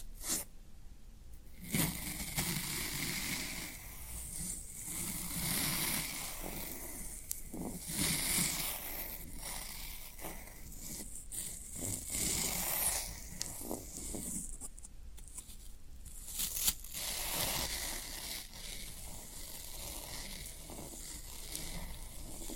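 Floral foam crunches and scratches in irregular bursts, with crisp bright crackles and soft low rubbing, steady in density throughout.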